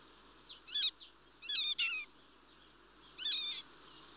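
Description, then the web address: Mistle thrush uttering grating, rattle-like calls in three bursts over steady background hiss. "BBC Sound Effects Library Birds Mistle Thrush (Turdus Viscivorus)"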